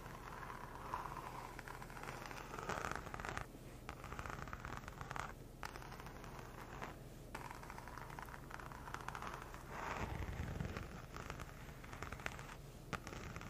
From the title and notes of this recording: ASMR Bag Collection. Leather sounds, gentle tapping, and plenty of crinkles.